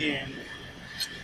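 A man talks while an Electrovert wave solder nozzle is handled and lowered toward its seat on the pump outlet of the solder pot. Nothing has seated or clicked yet; the clip ends before the nozzle goes all the way down.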